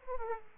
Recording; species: mosquito wingbeat signal from an infrared sensor; Aedes aegypti